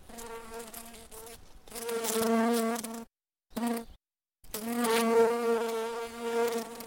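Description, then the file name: Bumblebee buzzing: a rich, harmonic drone that swells and fades, broken by two brief silent gaps, then resuming steadily. "Bumble Bee Buzzing 01"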